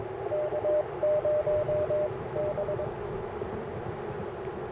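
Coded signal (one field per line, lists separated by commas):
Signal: Morse code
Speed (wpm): 21 wpm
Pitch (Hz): 600 Hz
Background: none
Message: K0B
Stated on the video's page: QRP CW Parks on the Air activation with an Icom IC-705, Modern Morse Nameless key, Packtenna random wire and Elecraft T1 tuner.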